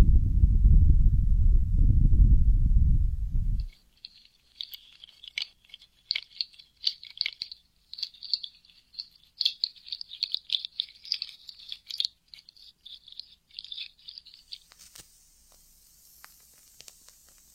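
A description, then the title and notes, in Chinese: A heavy, muffled low rumble fills the first four seconds, then cuts off abruptly. Bright, crisp crackling follows in quick irregular bursts, like sparks or fizzing, through about fourteen seconds. A faint high hiss takes over at the end. 深度放松土水风火自然元素触发音。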